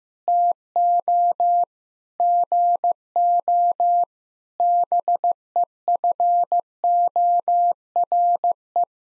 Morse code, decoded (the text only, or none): TO GO BEFORE